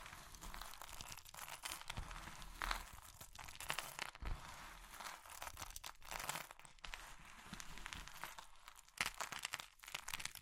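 Crushing of soft, brittle material like soap, chalk or meringue, heard as dense crumbly crunching and crinkling with no pauses. Sharper cracks and snaps break through around 3, 6 and 9 seconds, while the overall crackle stays bright and papery.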